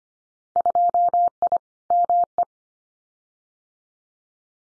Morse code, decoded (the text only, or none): 2I ME